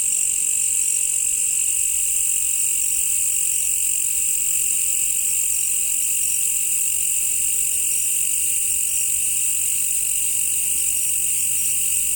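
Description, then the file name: High, steady cricket trilling fills the whole stretch as an unbroken, even chorus. "crikets"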